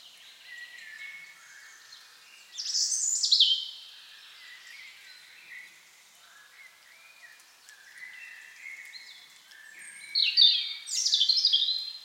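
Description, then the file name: European robin singing varied high whistled phrases in two louder bursts with softer warbling between, over a light background hiss. "Erithacus rubecula"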